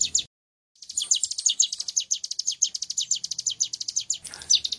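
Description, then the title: Bar-winged Prinia: after a brief gap, a fast series of sharp, high, repeated notes. Long-duration song. "Cigun Durasi Panjang By Kicauan.net"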